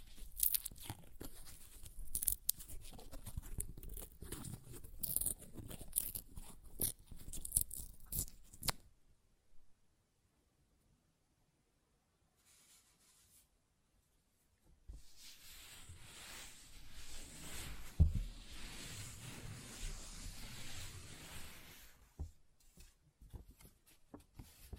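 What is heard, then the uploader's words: Paper is ripped and torn in crackly bursts for eight seconds, then near silence, then another rustling, tearing stretch from fifteen to twenty-two seconds. ASMR Paper Ripping Tearing Sounds (No Talking).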